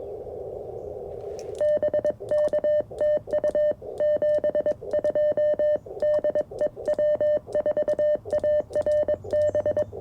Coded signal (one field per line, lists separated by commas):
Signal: Morse code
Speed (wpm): 22 wpm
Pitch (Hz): 600 Hz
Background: none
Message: BK TU 72 DE W4ARB